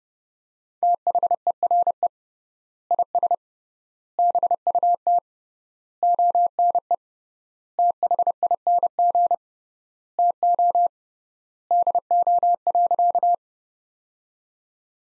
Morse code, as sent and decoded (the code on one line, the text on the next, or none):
- .... . .-. . / .. ... / -... ..- - / --- -. . / - .... .. -. --. / - --- / -.. --- .-.-.-
THERE IS BUT ONE THING TO DO.